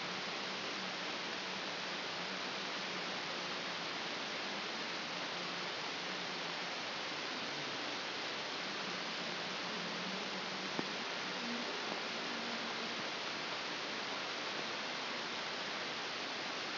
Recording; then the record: brain microelectrode recording played as sound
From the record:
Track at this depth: outside the subthalamic nucleus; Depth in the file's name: 7.306 mm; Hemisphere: left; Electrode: 2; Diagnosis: Parkinson's disease